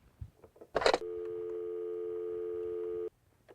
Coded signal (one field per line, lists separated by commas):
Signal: telephone call progress tone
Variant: North America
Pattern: dial tone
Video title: Mr. Tandy's English Classroom - Unit 10 Around Town Driving, Housing, Government & Phone Skills